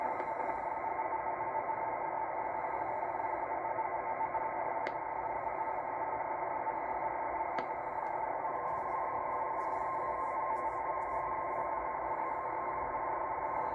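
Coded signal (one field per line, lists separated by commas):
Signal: NAVTEX (SITOR-B)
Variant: 100 baud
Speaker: apparently this at 0 45 is supposed to be Boston this is what I'm receiving here is from Boston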